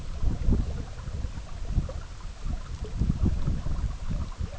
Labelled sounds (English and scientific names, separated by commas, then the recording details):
none
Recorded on Arctic tundra, site EABA-MC, on 17 June 2019
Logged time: 04:00